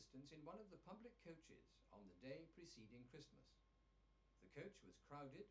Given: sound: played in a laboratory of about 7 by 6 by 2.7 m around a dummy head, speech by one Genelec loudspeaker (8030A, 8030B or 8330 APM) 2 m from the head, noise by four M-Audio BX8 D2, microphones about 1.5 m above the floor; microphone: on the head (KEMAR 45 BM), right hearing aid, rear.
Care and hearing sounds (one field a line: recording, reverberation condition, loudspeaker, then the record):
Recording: male speech in English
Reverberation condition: low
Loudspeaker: in front (0 degrees)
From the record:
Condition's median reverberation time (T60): about 310 ms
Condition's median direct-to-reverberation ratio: about 3.5 dB